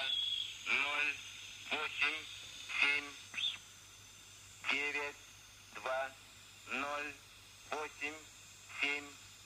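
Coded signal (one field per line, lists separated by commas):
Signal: channel marker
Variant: UVB-76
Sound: about nine short harsh buzzes with a rich low harmonic tone, separated by hiss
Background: radio static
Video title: УВБ-76 - 2016.08.06 - 22:05 - Диапазон 30 м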